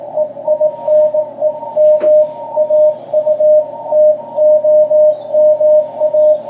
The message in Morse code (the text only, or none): EINE MAUTOMA